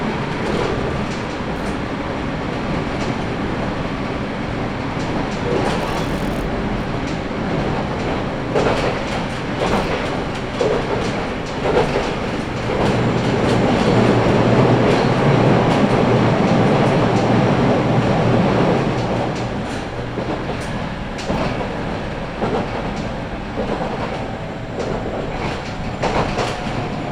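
A train on the Sasebo Line runs from Arita toward Kitahō with a steady, dense rumble and rattle throughout. Short clacks and knocks come every few seconds. The rumble swells and deepens from about 12 to 19 seconds, then eases back.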